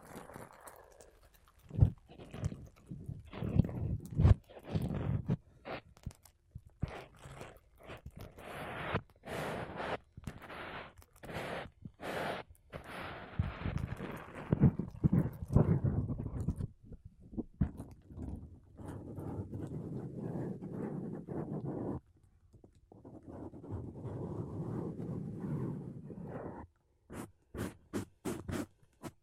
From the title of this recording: Mic Brushing Using Makeup Brushes and Sponge